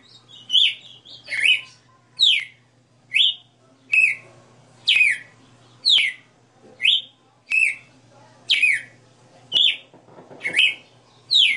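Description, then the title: Red-cowled cardinal: crisp sliding whistles repeated about once a second throughout, with faint background hum. Female bird singing live; the song is described as sixty notes. "Canto Galo Campina Fêmea. Galo de Campina 60 NOTAS Cantando Ao vivo"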